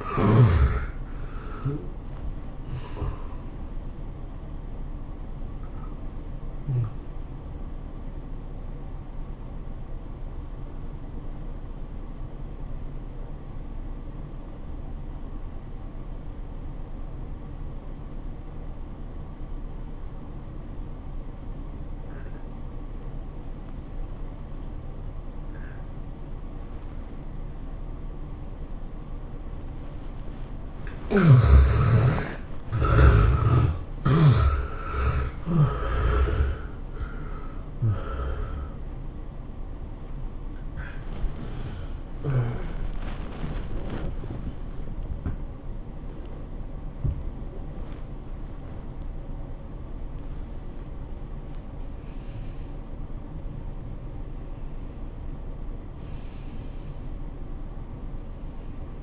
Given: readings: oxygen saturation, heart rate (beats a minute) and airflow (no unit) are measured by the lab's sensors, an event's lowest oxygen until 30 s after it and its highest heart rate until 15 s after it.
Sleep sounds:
breathing in sleep by a smartphone at the bedside; 1
7.00-32.30 s: obstructive apnea (N1, oxygen 96% highest, then 69% lowest, heart rate 99 at the start, 107 highest)
14.00-44.00 s: new sleep stage, N2 (light sleep)
44.00-59.03 s: new sleep stage, awake
From the record:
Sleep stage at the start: N1 (lightest sleep); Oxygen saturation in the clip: 69 to 96%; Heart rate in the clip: 78 to 107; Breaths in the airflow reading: 8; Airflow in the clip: -16.9 to 15.5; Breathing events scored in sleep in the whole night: 403 in 5.5 hours asleep

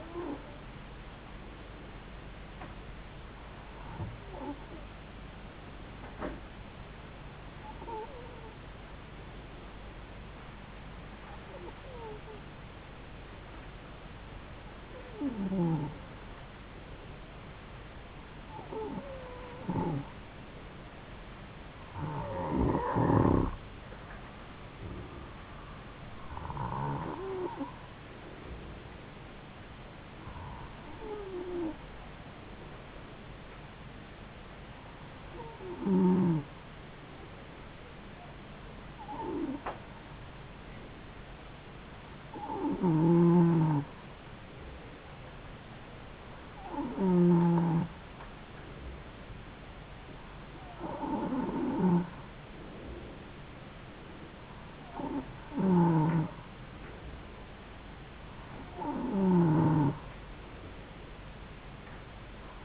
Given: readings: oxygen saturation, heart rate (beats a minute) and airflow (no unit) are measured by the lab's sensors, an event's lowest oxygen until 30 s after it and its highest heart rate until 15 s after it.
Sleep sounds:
breathing in sleep by a voice recorder at the bedside; none
none scored
From the record:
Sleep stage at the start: N2 (light sleep); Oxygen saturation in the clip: 91 to 94%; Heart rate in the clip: 69 to 74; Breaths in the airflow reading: 16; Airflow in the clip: -3.9 to 3.5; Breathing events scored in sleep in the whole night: 270 in 6.1 hours asleep

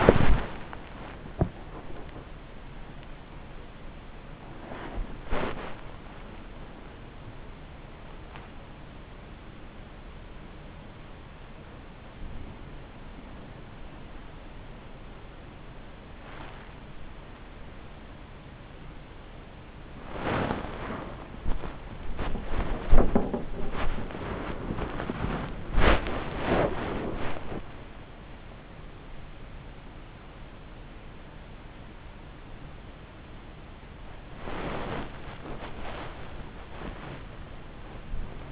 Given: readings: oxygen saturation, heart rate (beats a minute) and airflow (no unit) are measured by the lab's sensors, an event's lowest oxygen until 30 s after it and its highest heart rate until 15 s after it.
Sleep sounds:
a person awake in a sleep study, by a voice recorder at the bedside; none
2.00-38.52 s: new sleep stage, awake
7.00-38.52 s: awake
From the record:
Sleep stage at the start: N1 (lightest sleep); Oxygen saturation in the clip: 95 to 97%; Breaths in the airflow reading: 8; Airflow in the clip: -8.6 to 7.7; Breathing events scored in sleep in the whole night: 304 in 5.6 hours asleep

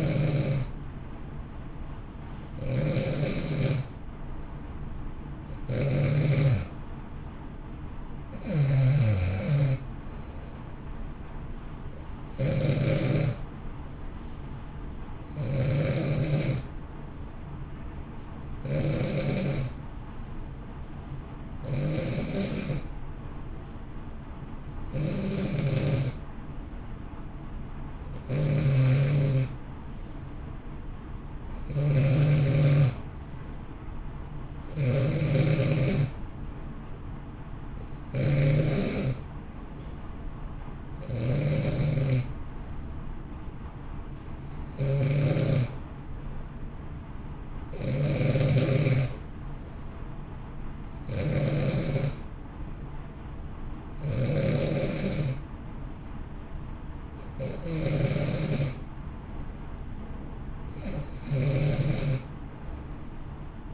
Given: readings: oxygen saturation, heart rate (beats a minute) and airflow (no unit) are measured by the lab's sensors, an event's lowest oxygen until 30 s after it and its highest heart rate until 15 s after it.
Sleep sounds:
breathing in sleep by a smartphone at the bedside; none
53.00-63.74 s: new sleep stage, N1 (lightest sleep)
From the record:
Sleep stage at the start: N2 (light sleep); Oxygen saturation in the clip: 90 to 91%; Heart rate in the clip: 56 to 64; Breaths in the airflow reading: 20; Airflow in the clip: -1.0 to 1.5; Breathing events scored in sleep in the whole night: 328 in 6.3 hours asleep

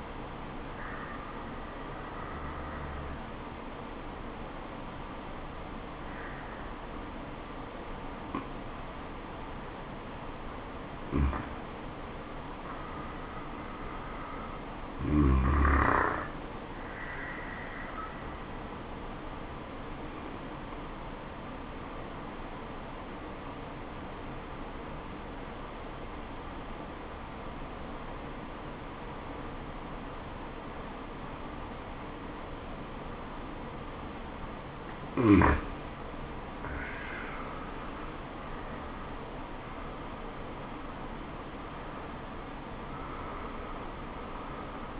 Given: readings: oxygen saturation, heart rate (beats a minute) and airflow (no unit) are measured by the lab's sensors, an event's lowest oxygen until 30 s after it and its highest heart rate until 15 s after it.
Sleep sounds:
breathing in sleep by a voice recorder at the bedside; 1
23.00-37.10 s: obstructive apnea (N1, oxygen 95% highest, then 90% lowest, heart rate 72 at the start, 77 highest)
From the record:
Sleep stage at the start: N1 (lightest sleep); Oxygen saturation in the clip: 91 to 95%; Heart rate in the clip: 69 to 77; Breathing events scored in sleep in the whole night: 426 in 7.4 hours asleep

